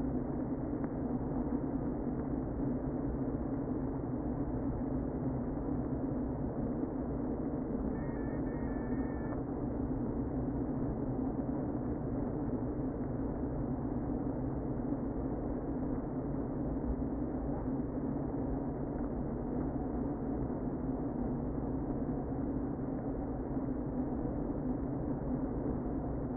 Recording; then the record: honeybee colony, microphone inside the hive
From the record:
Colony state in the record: queen present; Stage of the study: before two queens were removed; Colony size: about 60,000 bees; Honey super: yes